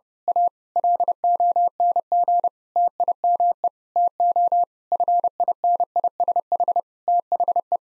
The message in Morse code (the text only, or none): A LONG TIME TO FINISH THE